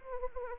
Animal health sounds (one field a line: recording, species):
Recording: mosquito wingbeat signal from an infrared sensor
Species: Anopheles arabiensis